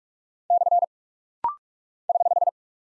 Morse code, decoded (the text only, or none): / <HH>